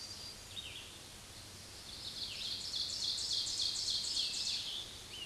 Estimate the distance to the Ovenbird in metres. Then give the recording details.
about 40 m. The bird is about 10 m above the microphone. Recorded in a Pennsylvania forest on 16 May 2024 at 06:33. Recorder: AudioMoth, point MSD-1539. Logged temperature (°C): 16.0 °C. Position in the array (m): 135 m, 5 m